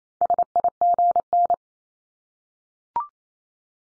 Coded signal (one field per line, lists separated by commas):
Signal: Morse code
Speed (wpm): 28 wpm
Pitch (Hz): 700 Hz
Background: none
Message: SIGN